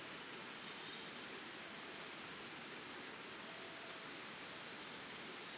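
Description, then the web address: Cricket trill held steadily at one high pitch, set in a dense background hiss. Early morning in Costa Rica, forest and jungle ambience. "Big Room Sound Birds Crickets Costa Rica"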